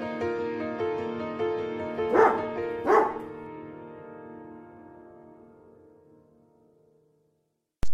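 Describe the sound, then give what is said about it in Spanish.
Two sharp dog barks, about a second apart, ring out over a sustained musical chord that slowly fades away, with no talking, in a trailer for The Dog with the Power, about a man reincarnated as a dog. “La historia de un hombre que se reencarnó en un perro para poder ayudar a su hijo a conquistar al amor de su vida.”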